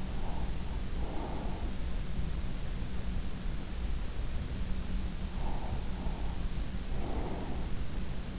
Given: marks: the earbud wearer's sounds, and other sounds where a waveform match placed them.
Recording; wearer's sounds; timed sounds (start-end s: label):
sounds in sleep by an in-ear microphone; breath
0.00-1.79 s: breath
5.41-6.31 s: breath
6.90-8.25 s: breath